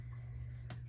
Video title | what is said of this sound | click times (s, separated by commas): How to Open & Close a Classic Stampin’ Pad | and then you're going to slide it until it clicks | 0.7 s